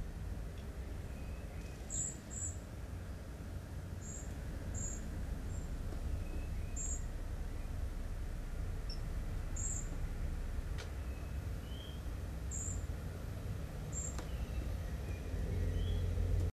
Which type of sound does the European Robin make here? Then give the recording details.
call. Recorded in the wild. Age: adult. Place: Kaiserslautern, Rheinland-Pfalz, DE. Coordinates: 49.4247, 7.77889. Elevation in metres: 279. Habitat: garden. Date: 1980-08-18. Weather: windig. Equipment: Uher 4000 Report, Brühler-Mikrophon, Parabolreflektor. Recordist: Tretzel, Erwin